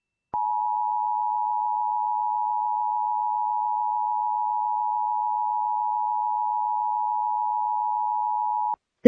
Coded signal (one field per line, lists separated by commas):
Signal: Emergency Alert System (SAME) tones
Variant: 853 and 960 Hz attention tone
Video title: Illinois Statewide Emergency Alert System Tests (February 1st, 2022)